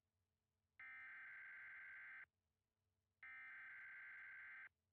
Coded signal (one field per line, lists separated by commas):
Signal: Emergency Alert System (SAME) tones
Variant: header bursts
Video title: California Severe Weather Outbreak An EAS Scenario Part One Initial round of storms